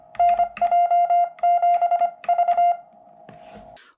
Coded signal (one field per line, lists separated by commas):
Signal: Morse code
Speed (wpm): 25 wpm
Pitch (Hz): 700 Hz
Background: none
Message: NJ7V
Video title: American Morse Ultra Porta Paddle Morse Code Paddle